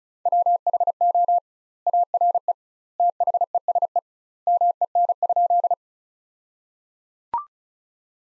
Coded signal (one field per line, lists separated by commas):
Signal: Morse code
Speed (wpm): 34 wpm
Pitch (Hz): 700 Hz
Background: none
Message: WHO ARE THESE MEN?